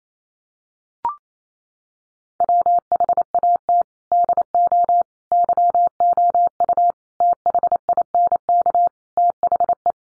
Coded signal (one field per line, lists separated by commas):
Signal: Morse code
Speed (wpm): 28 wpm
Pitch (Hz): 700 Hz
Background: none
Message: WHAT DO YOU THINK THE